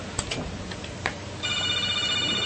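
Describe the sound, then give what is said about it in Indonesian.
A telephone rings for an incoming call: a few sharp clicks first, then a steady, high electronic trill that holds at an even loudness until the end. “kita angkat kembali dari telepon.”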